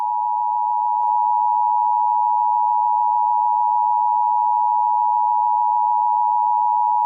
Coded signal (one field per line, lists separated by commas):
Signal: Emergency Alert System (SAME) tones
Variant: 853 and 960 Hz attention tone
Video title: Mario EAS Scenario: Dark Moon